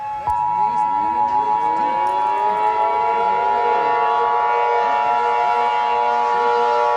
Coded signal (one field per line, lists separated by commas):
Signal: Emergency Alert System (SAME) tones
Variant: 853 and 960 Hz attention tone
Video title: The Beast In the Mountains (EAS Scenario)